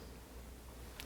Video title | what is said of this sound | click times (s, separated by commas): Garage Door Spring Replacement For Beginners Step BY Step | now that it's unlocked as soon as the door comes up it should click into place | 1.0 s